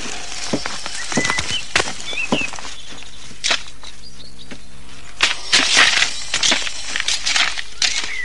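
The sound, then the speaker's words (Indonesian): A tool digs into soil in front of the mouth of Gua Karang cave as Madukrama digs to bury Jalak Kuning and Malin Kumba, with repeated gritty crunches and scrapes at an irregular pace, a few heavier strikes near the end, while faint bird chirps sound in the background. “Madukrama terus menggali tanah di depan mulut Gua Karang.”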